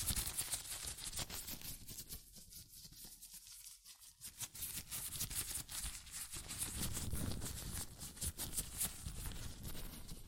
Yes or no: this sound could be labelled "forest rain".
no